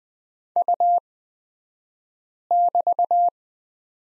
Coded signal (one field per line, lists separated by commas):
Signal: Morse code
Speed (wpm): 20 wpm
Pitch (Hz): 700 Hz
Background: none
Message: U<BT>